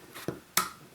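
A fingernail pulls back the slide takedown tab on the frame of a Tokyo Marui FN5-7 airsoft gas blowback pistol while the metal and plastic slide is drawn back slightly. A softer tick at 0.3 s is followed by a sharp, bright click at 0.6 s as the takedown catch lets go, releasing the slide.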